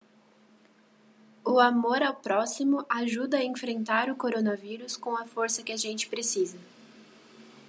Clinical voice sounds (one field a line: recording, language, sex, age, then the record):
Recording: spoken sentence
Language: Brazilian Portuguese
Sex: female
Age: 20 to 29 years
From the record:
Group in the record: control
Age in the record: 27 years